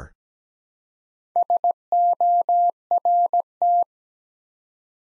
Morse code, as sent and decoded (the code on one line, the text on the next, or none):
... --- .-. -
SORT